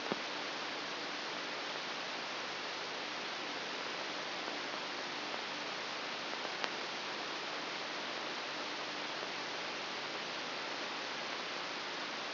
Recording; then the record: brain microelectrode recording played as sound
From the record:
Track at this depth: inside the subthalamic nucleus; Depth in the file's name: 0.209 mm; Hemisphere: right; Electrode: 3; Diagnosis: Parkinson's disease